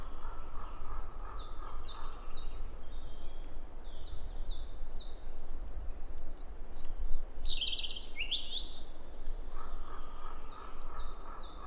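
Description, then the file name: European robin giving tinkling, high-pitched trills and twittering phrases with brief sharp ticks, over a continuous low rumble. "Erithacus rubecula"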